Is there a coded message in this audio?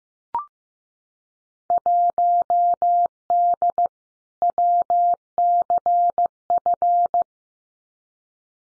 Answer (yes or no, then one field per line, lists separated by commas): yes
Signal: Morse code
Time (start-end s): 1.7-7.2 s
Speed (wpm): 15 wpm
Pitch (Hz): 700 Hz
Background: none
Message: 1D WCF